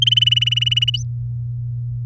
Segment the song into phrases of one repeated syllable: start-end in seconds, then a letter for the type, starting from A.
0.02-0.96 A, 0.97-1.03 B